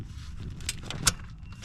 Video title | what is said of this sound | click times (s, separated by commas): 440i MAD Intake and Turbo Inlet Install | And there it goes. You heard the clip. It's in there. | 1.1 s